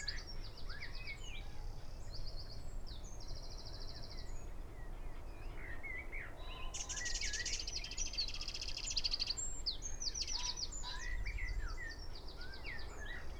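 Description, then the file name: Eurasian wren song: several rattling high trills and a dense burst of rapid notes midway, with other birds' slurred calls and a low steady hum. "Troglodytes troglodytes"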